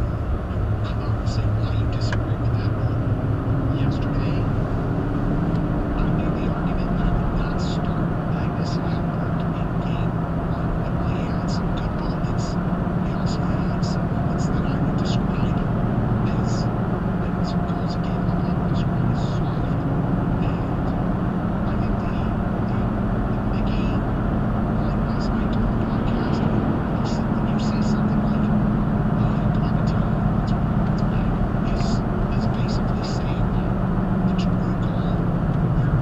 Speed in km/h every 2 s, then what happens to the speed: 34, 45, 53, 64, 66, 64, 63, 66, 64, 66, 64, 68, 71, 71, 71, 68, 66, 64.
0-6 speeds up to 64. 6-20 steady at about 64. 20-24 speeds up to 71. 24-29 steady at about 71. 29-36 slows to 64.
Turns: none.